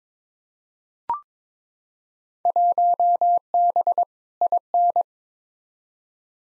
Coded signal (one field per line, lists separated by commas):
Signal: Morse code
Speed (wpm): 22 wpm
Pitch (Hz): 700 Hz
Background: none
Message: 1B IN